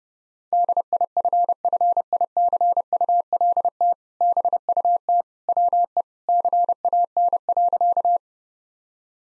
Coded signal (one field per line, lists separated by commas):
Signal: Morse code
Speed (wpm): 31 wpm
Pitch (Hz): 700 Hz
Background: none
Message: DIFFICULT BUT WE CAN.